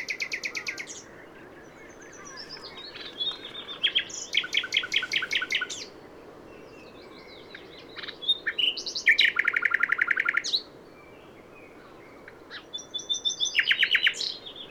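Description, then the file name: Common nightingale song in several phrases separated by pauses, mixing rich whistles, harsh buzzy bursts and fast rattling runs of repeated notes. "Luscinia megarhynchos"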